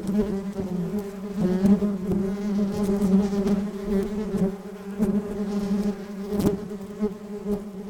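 Wild bees droning continuously, a low steady hum with rich overtones, rising and falling slightly in loudness, occasional soft knocks.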